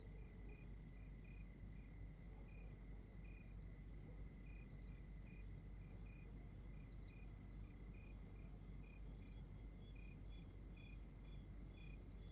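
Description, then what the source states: Crickets trill in short repeated pulses at two or three pitches, overlapping steadily, accompanied by a constant high tone and dull low background noise. Outdoor night ambience in Rwanda.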